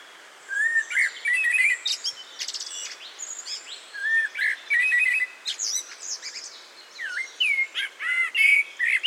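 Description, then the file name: Eurasian blackbird song: rich warbled whistles breaking into high scratchy twitters, phrase after phrase. "Turdus merula"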